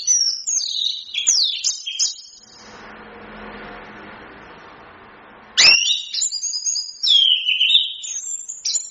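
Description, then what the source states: Chestnut-capped thrush pouring out rapid high whistles and slurred notes, interrupted by a few seconds of hiss before singing resumes. Masteran, a training song used to teach songbirds.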